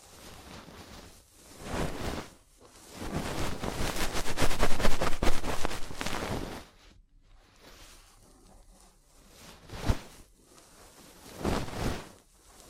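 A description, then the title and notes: Ear cleaning with dense, rough scratching and rustling that swells into a loud, crackly burst from about 3 to 6.5 seconds. Shorter scraping strokes return near 2, 10 and 11.5 seconds, separated by quiet gaps with only faint rubbing. ASMR Fast & Intense Ear Cleaning 3Dio (No Talking).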